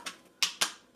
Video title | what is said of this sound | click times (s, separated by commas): Braun Multiquick 5 Immersion Blender Review | hear that click put the shaft into whatever you're blending and then turn it on | 0.4 s